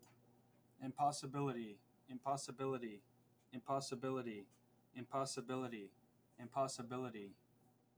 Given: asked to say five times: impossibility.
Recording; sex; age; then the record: repeated word; male; 20 to 29 years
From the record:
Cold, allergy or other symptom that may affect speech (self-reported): no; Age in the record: 20 years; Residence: Indiana, United States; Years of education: 15